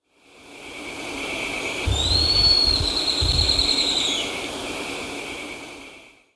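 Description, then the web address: Black-streaked puffbird song: a single drawn-out, high, thin whistle rising then level, heard against steady background hiss and low rumbling. Ecuador. "Birds of Ecuador. Black-streaked Puffbird"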